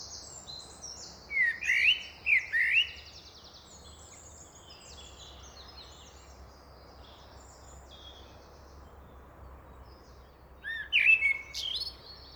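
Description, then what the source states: Common Blackbird singing two short fluty warbled phrases early on, a long pause, then another phrase near the end. Single blackbird singing alone in a park; another male blackbird nearby, song perhaps about territory.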